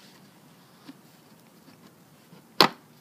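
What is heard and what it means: The plastic top cover of the fuse box in a 2013–2016 Toyota RAV4 is pushed down onto the fuse box. A faint tick sounds near 0.9 s, followed by one sharp, loud snap at 2.6 s as the cover seats into place. No one talks.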